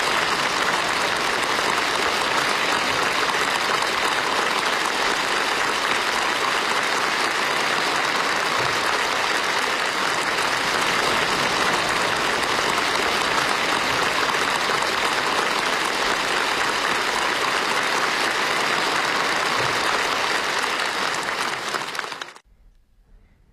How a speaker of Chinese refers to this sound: 当主持人宣布习近平同志当选为中华人民共和国中央军事委员会主席时，会场上再次响起热烈的掌声。习近平又一次起身向代表们鞠躬致意。